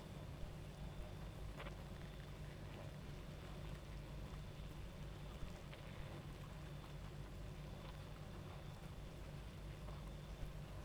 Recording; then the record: honeybee colony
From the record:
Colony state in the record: active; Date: 28 July 2017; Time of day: 23:10